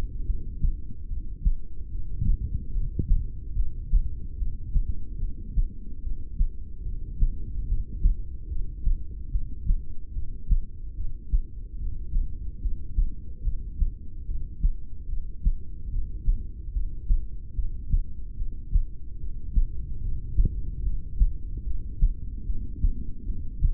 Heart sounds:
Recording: heart sounds by stethoscope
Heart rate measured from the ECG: 73 bpm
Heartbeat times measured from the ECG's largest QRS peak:
0.21 s: heartbeat
1.04 s: heartbeat
1.86 s: heartbeat
2.69 s: heartbeat
3.51 s: heartbeat
4.34 s: heartbeat
5.15 s: heartbeat
5.98 s: heartbeat
6.80 s: heartbeat
7.63 s: heartbeat
8.45 s: heartbeat
9.27 s: heartbeat
10.09 s: heartbeat
10.91 s: heartbeat
11.74 s: heartbeat
12.56 s: heartbeat
13.39 s: heartbeat
14.21 s: heartbeat
15.04 s: heartbeat
15.86 s: heartbeat
16.68 s: heartbeat
17.50 s: heartbeat
18.32 s: heartbeat
19.14 s: heartbeat
19.97 s: heartbeat
20.79 s: heartbeat
21.60 s: heartbeat
22.41 s: heartbeat
23.21 s: heartbeat
From the record:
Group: heart failure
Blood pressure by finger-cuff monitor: 101/56 mmHg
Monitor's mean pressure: 73 mmHg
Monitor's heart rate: 73 bpm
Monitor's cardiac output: 7.2 L/min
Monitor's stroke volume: 98 mL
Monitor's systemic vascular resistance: 720 dyn s/cm5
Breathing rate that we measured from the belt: 14 breaths a minute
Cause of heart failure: ischemic heart disease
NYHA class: 2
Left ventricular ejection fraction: 28%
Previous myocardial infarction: present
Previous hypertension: present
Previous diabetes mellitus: present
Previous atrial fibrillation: present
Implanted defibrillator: present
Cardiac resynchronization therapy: present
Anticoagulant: apixaban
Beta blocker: bisoprolol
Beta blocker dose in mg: 10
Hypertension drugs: sacubitril-valsartan, spironolactone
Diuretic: furosemide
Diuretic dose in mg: 20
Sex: male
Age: 62 years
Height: 178 cm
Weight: 88.3 kg

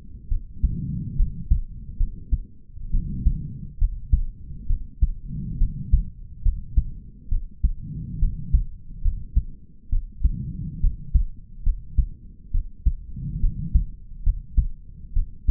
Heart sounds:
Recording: heart sounds by stethoscope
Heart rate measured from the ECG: 69 bpm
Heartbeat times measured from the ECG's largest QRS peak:
0.28 s: heartbeat
1.16 s: heartbeat
1.97 s: heartbeat
2.91 s: heartbeat
3.78 s: heartbeat
4.67 s: heartbeat
5.58 s: heartbeat
6.42 s: heartbeat
7.29 s: heartbeat
8.19 s: heartbeat
9.02 s: heartbeat
9.89 s: heartbeat
10.80 s: heartbeat
11.63 s: heartbeat
12.51 s: heartbeat
13.40 s: heartbeat
14.23 s: heartbeat
15.13 s: heartbeat
From the record:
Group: healthy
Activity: rest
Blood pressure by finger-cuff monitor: 106/82 mmHg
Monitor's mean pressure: 89 mmHg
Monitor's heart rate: 68 bpm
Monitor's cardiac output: 4.8 L/min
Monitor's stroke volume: 70 mL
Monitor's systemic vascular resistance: 1350 dyn s/cm5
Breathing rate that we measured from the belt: 25 breaths a minute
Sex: male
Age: 20 years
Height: 187 cm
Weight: 68.9 kg

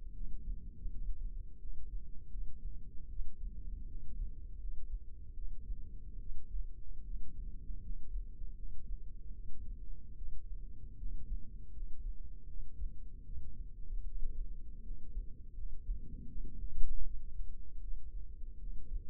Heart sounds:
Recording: heart sounds by microphone in the left ear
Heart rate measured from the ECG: 78 bpm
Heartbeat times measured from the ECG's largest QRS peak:
0.12 s: heartbeat
0.89 s: heartbeat
1.58 s: heartbeat
2.30 s: heartbeat
3.08 s: heartbeat
3.87 s: heartbeat
4.58 s: heartbeat
5.34 s: heartbeat
6.18 s: heartbeat
7.03 s: heartbeat
7.80 s: heartbeat
8.54 s: heartbeat
9.32 s: heartbeat
10.15 s: heartbeat
10.97 s: heartbeat
11.71 s: heartbeat
12.46 s: heartbeat
13.24 s: heartbeat
14.04 s: heartbeat
14.82 s: heartbeat
15.54 s: heartbeat
16.27 s: heartbeat
17.03 s: heartbeat
17.80 s: heartbeat
18.58 s: heartbeat
From the record:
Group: healthy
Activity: rest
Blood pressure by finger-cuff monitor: 119/71 mmHg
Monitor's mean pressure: 86 mmHg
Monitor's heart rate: 78 bpm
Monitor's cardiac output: 6.7 L/min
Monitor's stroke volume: 86 mL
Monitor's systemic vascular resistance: 910 dyn s/cm5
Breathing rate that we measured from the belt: 16 breaths a minute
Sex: female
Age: 22 years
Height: 160 cm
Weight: 63 kg

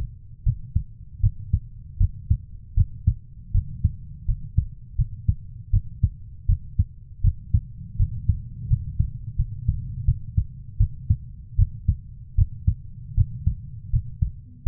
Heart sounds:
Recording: heart sounds by stethoscope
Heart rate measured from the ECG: 80 bpm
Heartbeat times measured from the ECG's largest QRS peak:
0.43 s: heartbeat
1.20 s: heartbeat
1.98 s: heartbeat
2.75 s: heartbeat
3.52 s: heartbeat
4.26 s: heartbeat
4.96 s: heartbeat
5.70 s: heartbeat
6.46 s: heartbeat
7.21 s: heartbeat
7.97 s: heartbeat
8.68 s: heartbeat
9.36 s: heartbeat
10.05 s: heartbeat
10.78 s: heartbeat
11.56 s: heartbeat
12.35 s: heartbeat
13.15 s: heartbeat
13.90 s: heartbeat
14.63 s: heartbeat
From the record:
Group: healthy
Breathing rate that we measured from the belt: 13 breaths a minute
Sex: female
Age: 24 years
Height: 163 cm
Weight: 55.7 kg

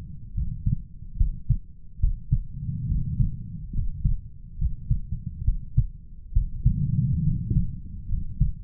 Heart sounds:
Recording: heart sounds by stethoscope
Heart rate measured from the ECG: 70 bpm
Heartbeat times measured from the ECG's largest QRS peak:
0.34 s: heartbeat
1.17 s: heartbeat
1.99 s: heartbeat
2.87 s: heartbeat
3.73 s: heartbeat
4.58 s: heartbeat
5.44 s: heartbeat
6.32 s: heartbeat
7.23 s: heartbeat
8.08 s: heartbeat
From the record:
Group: healthy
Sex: male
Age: 23 years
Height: 178 cm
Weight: 96.6 kg

